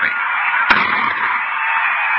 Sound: shot fired